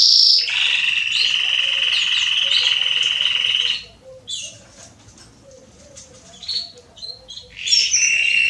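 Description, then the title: Belgian canary song: a long, steady rolling trill for about three seconds, a quiet gap with faint chirps, then the song resumes at the end. Male Belgian canary singing a lot, to warm up and train young canaries. "Esquente Seu Filhote E Canario Belga Em 30 Minutos Macho Cantando Muito CANTO DO CANRIO"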